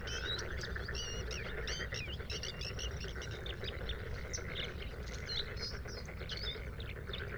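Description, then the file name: Bluethroat song, a fast varied stream of high chirps, trills and twangy notes, over steady low rumbling background noise. Recorded at Sha Cheng Wetland, Hebei, China, on 5 May 2025 at 06:10; three bursts of song separated by fades. "2025-05-05-0610-Bluethroat- three-bursts-of-song-separated-by-fades-Sha Cheng-Wetland-Hebei"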